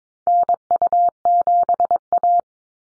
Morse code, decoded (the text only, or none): NU7A